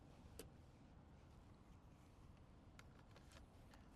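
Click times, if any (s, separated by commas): 0.4 s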